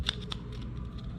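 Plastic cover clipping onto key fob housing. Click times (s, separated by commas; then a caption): 0.1 s, 0.3 s. The plastic back cover of a Kia car key fob is pressed back onto the housing after a coin cell battery change, with the clips on one side going in first. Two sharp plastic clicks are heard at 0.1 s and 0.3 s as those clips snap into place, followed by a quieter low hum.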